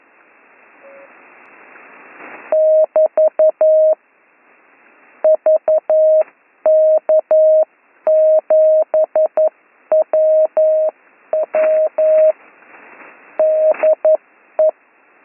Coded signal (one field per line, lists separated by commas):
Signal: Morse code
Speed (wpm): 11 wpm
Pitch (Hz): 630 Hz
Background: none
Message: <BT> VK7WW DE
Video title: Slow Morse Code Course - Week 9 - Learn Morse Code